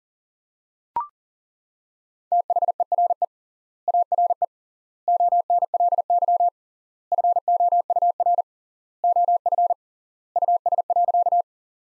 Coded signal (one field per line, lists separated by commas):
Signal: Morse code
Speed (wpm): 37 wpm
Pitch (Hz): 700 Hz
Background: none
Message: THERE ARE ONLY FOUR OF US.